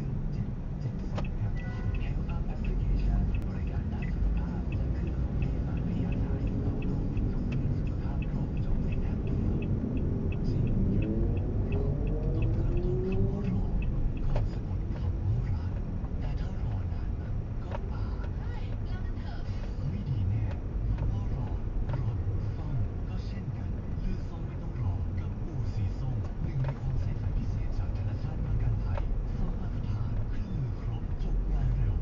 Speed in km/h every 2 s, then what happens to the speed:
0, 0, 0, 2, 5, 7, 13, 14, 15, 15, 16, 24, 25, 24, 22, 22.
0-6 standing. 6-32 pulls away to 22.